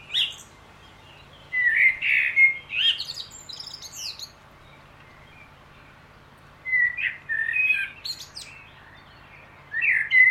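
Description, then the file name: Common blackbird song: warbled fluty phrases ending in squeaky high twitters, repeated after long pauses, with a new phrase beginning at the end. "Turdus merula"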